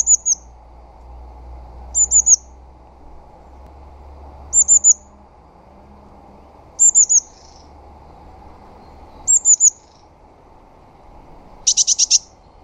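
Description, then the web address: Bird calls: short clusters of two or three very high, thin notes about every two seconds, ending with a burst of rapid buzzy notes over a low steady hum. "cianscape. Deverinetal. Bird Only"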